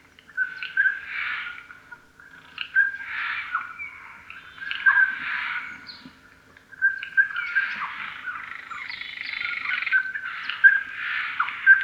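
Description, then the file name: Eurasian jay giving harsh, rasping screeches in a series of noisy bursts, the later ones running together. "Garrulus glandarius"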